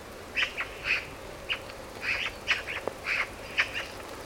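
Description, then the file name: Eurasian magpie chattering in harsh, rasping bursts, several grating notes in quick irregular succession with short gaps between them. "Pica pica"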